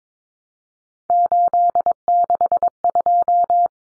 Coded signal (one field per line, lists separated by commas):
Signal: Morse code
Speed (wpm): 22 wpm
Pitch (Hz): 700 Hz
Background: none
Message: 862